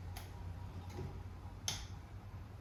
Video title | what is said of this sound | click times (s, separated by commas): How To Build a Milking Table (Part 2) | There we go. Now she's locked into place. | 1.7 s